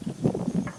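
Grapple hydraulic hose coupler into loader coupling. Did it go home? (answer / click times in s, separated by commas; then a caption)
no / none. While a grapple is reconnected on an MX5400 tractor loader, a metal hydraulic hose quick coupler is handled and pushed toward its fitting in the loader coupling. A series of dull, low-pitched knocks is heard, the sharpest at about 0.3 s. Nothing has seated or clicked yet.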